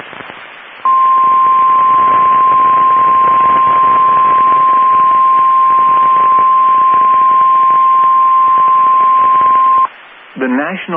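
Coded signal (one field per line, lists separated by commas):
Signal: Emergency Alert System (SAME) tones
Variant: 1050 Hz attention tone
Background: speech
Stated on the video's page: Weather radio station in Amarillo, Texas, alerting for severe storms in the Texas Panhandle.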